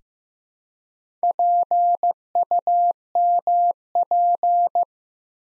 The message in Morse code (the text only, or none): PUMP